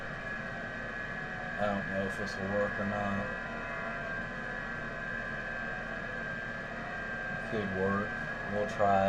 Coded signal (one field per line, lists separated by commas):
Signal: FT8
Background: speech